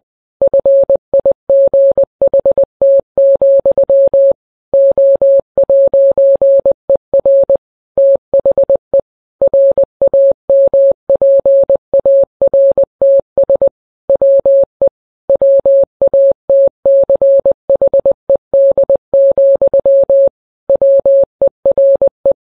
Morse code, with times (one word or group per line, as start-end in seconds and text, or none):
0.4-4.3 FIGHT,
4.7-7.6 O'ER
8.0-9.0 THE
9.4-13.7 RAMPARTS
14.1-14.9 WE
15.3-20.3 WATCHED,
20.7-22.3 WERE